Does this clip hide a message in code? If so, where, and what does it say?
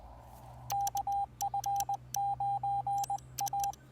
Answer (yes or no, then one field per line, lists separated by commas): yes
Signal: Morse code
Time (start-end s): 0.7-3.7 s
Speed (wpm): 19 wpm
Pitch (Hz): 800 Hz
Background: radio noise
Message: KF9A